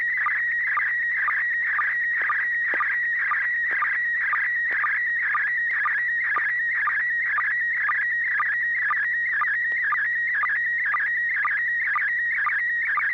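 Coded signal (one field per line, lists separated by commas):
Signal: SSTV (slow-scan television)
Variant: PD120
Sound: warbling tone sweeping around 1.5-2.3 kHz, with short low blips about twice a second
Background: low hum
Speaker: okay this S6 pgq and this is a PD 120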